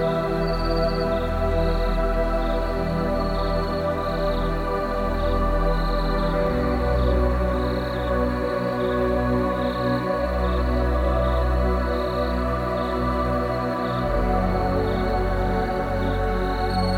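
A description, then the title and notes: Crickets chirp in a steady, regular pulse high above a soft bed of sustained, slow music at a summer night. The low tones shift gently around six and fourteen seconds, while the overall level stays even and calm throughout. Summer Night Ambience with Crickets & Sleep Music. A summer nighttime ambience with crickets and nature sounds.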